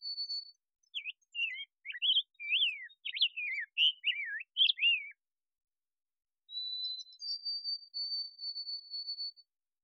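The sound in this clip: Rose-breasted grosbeak singing a warbled string of rich, slurred whistles, followed after a pause by a separate long thin high steady tone.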